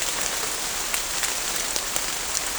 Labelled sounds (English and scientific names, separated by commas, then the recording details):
none
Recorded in pastures near Puerto Asís, Putumayo, Colombia, on 18 December 2024 at 16:00
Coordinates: 0.496, -76.326
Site G004